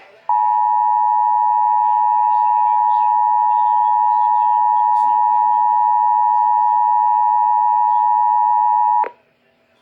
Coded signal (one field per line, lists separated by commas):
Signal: Emergency Alert System (SAME) tones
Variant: 853 and 960 Hz attention tone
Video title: GOODBYE 2019!!! EAS Alerts from 12/3/19 - 12/19/19 (EAS #3,507 - 3,542)